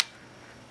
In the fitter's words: flip it back down to get it in locks in place